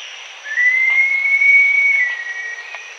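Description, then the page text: Green-backed kingfisher making one long whistled note that climbs and holds steady for about two seconds, backed by a continuous shrill hum. "Green-Backed Kingfisher Call. Quick Sounds"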